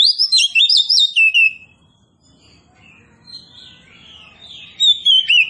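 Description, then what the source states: Oriental magpie-robin delivering a quick string of high whistles, then quieter subdued warbles, ending with another bright whistled phrase. Kacer poci, described as gacor, meaning singing vigorously and continuously.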